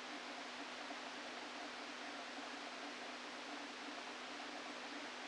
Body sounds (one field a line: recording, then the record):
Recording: brain microelectrode recording played as sound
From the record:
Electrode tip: outside the subthalamic nucleus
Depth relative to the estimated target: 2 mm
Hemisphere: left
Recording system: NeuroSet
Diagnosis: Parkinson's disease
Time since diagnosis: 13 years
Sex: male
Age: 49 years